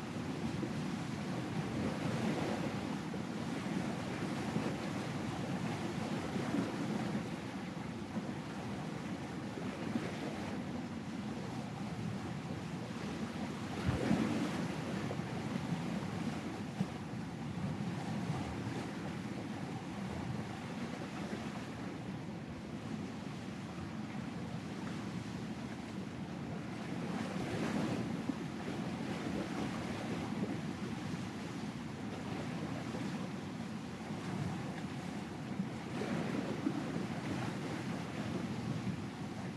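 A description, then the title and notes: Waves break on a beach at night in a steady, dense wash of surf, with no pause across the recording. A deep rumble runs underneath while the hiss of the water swells now and then, sharpest around fourteen and twenty-eight seconds. Wind buffets the microphone throughout. Powerful Waves at Night on Museddu Beach. Ocean Sounds.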